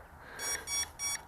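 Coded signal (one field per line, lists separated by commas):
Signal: beep code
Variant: drone transmitter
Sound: three short, evenly spaced electronic beeps from a small device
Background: room noise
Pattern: 3 short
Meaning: The controller has automatically bound to the quadcopter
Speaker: once you push the on button you're going to hear three beeps those three beeps is automatic binding so the controller is now bound to the quadcopter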